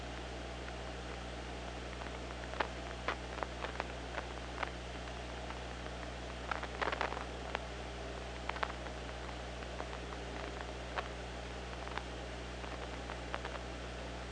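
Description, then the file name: Killer whale clicks, sharp brief pulses spread across the recording with a dense burst near the middle, over continuous underwater hiss and a low hum. OrcaLab hydrophone, 24 August 2017, 03:47:41. "Orca Lab UTLN JASON 20170824 034741"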